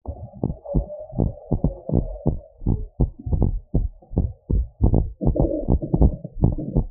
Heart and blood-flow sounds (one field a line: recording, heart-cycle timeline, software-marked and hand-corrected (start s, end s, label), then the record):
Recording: heart sounds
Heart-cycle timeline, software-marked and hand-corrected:
0.00	0.02	S2
0.02	0.38	diastole
0.38	0.50	S1
0.50	0.76	systole
0.76	0.86	S2
0.86	1.18	diastole
1.18	1.28	S1
1.28	1.52	systole
1.52	1.62	S2
1.62	1.92	diastole
1.92	2.04	S1
2.04	2.28	systole
2.28	2.38	S2
2.38	2.68	diastole
2.68	2.78	S1
2.78	3.00	systole
3.00	3.10	S2
3.10	3.38	diastole
3.38	3.52	S1
3.52	3.76	systole
3.76	3.88	S2
3.88	4.18	diastole
4.18	4.30	S1
4.30	4.54	systole
4.54	4.66	S2
4.66	4.90	diastole
4.90	5.04	S1
5.04	5.28	systole
5.28	5.38	S2
5.38	5.68	diastole
5.68	5.80	S1
5.80	6.00	systole
6.00	6.12	S2
6.12	6.42	diastole
6.42	6.54	S1
6.54	6.78	systole
6.78	6.88	S2
6.88	6.91	diastole
From the record:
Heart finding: normal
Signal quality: good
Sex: female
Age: 60 years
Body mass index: 17.6